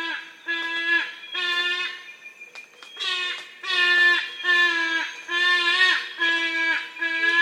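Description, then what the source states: Yellow-casqued hornbills braying in a loud nasal chorus, with rich harmonic notes in uneven bursts that rise and fall, several birds overlapping throughout. Several birds singing together.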